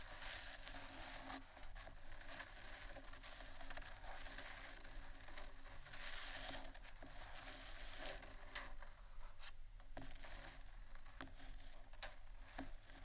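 Scratching and tapping on various items, a dense, continuous rustling scrape that holds fairly steady in level for the whole stretch. Sharper taps and clicks break through irregularly, clustering around the middle and near the end, over a low, constant hum.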